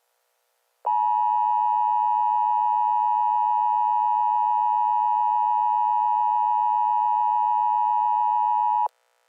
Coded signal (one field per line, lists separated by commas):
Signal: Emergency Alert System (SAME) tones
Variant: 853 and 960 Hz attention tone